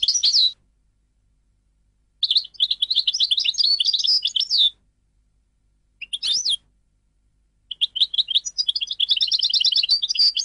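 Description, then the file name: European goldfinch song, liquid twittering phrases with rising and falling notes, delivered in uneven bursts, the last one running longer and more varied. "audio burung goldfinch"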